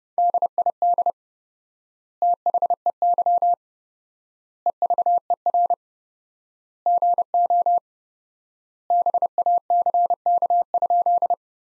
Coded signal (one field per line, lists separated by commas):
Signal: Morse code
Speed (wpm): 30 wpm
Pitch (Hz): 700 Hz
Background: none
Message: DID THEY EVER GO BACK?